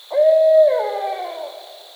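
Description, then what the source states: Barred owl giving a single loud hoot that holds steady, then slides downward into a drawn-out, fading trailing note, with a faint steady high hum behind it. Recorded 2010-10-22.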